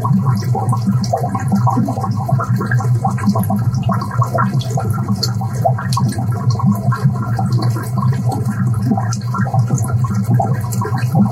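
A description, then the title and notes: A fish tank bubbles steadily, with a dense, continuous stream of small pops and gurgles that never pauses. The sound sits mostly low, a throaty churning with quick bright flecks of bursting bubbles above it, and a faint steady hum underneath. Bubbling Fish Tank: Soothing Aquarium Sounds. This episode features only natural soundscapes with no dialogue or voice. The gentle bubbling sounds of a fish tank. The peaceful ambience of an aquarium.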